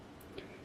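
A metal earring back is pinched and pushed onto a gold earring post, and its two small catches click into the post's groove at 0.4 seconds with a single short, faint tick against a quiet background. The back is then seated and secure on the post.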